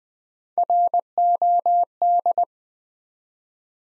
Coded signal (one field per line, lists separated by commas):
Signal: Morse code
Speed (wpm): 20 wpm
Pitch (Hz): 700 Hz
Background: none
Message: ROD